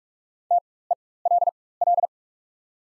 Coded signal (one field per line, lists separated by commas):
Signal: Morse code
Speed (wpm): 43 wpm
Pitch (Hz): 700 Hz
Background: none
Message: TELL